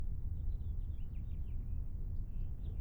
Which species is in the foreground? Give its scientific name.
Haemorhous mexicanus